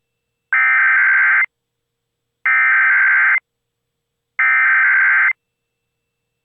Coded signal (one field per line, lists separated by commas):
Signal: Emergency Alert System (SAME) tones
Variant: header bursts